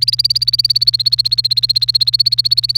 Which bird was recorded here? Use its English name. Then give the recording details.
Domestic Canary. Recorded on 29 April 2018 at 14:39. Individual llb3